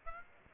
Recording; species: mosquito wingbeat signal from an infrared sensor; Aedes aegypti